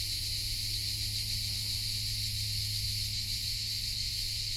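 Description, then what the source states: Many crickets singing together as a continuous high, hissing trill with no gaps, a low steady hum beneath. Hundreds heard in a pine grove in Collserola, in the morning, in heat over 30 °C; binaural recording.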